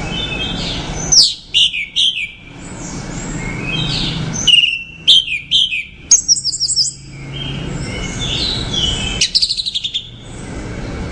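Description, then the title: Orange-headed thrush song in short high chirping phrases, partly masked by a steady low rumble, ending with a quick rattling trill. "Anis Merah"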